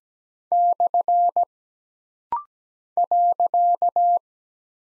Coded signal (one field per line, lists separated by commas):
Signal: Morse code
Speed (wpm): 17 wpm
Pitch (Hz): 700 Hz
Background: none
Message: / .